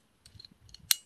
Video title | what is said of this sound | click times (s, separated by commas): FANPOST auspacken + ATTENTAT auf mich :O | wie klappt uns wieder ein noch mal drauf drücken ja einrasten lassen | 0.9 s